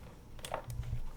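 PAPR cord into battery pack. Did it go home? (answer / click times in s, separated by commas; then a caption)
no / none. A PAPR blower cord is handled against its battery pack, with short sharp contact sounds at about 0.4 s and 0.5 s over a low rumble. The cord has not seated or clicked into the battery yet.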